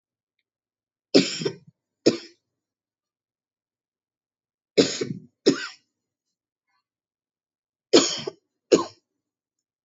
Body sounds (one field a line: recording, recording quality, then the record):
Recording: shallow voluntary cough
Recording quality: excellent, no background noise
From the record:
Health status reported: COVID-19 positive, mild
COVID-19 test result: positive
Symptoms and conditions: sore throat, diabetes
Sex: male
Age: 70 years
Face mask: not worn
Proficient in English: yes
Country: India